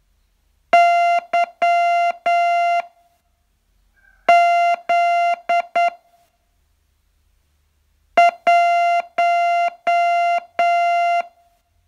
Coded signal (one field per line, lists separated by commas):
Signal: Morse code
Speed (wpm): 9 wpm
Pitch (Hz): 690 Hz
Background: music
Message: Y Z 1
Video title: Learn Morse in 42 Days from VU2LAU - day 40